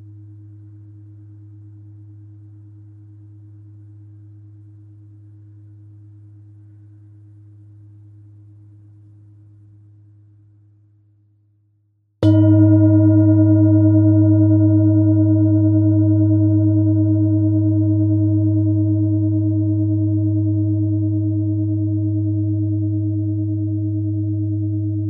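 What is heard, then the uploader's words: A Tibetan metal bowl hums low and steady for about ten seconds, its tone slowly fading to near silence. Around twelve seconds it is struck again, ringing out loud and bright with shimmering overtones, then sustains with a slow, gradual decay to the end. Tibetan Metal Bowl Sound.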